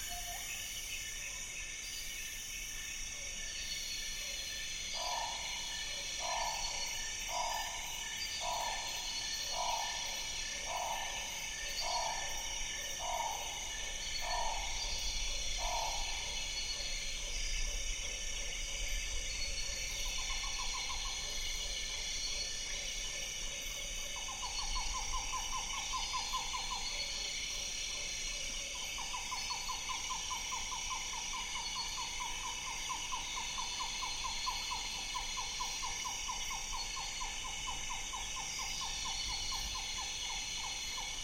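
A dense, unbroken insect chorus fills a rainforest at dusk, with shrill, steady buzzing and pulsing tones. Around five to sixteen seconds a bird repeats a short, evenly spaced call, later giving longer trilled phrases, while faint low rumbling sits underneath.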